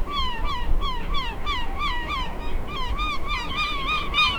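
Bird calls, a rapid, steady series of nasal, honking notes, each bending up and down in pitch, over a background rumble.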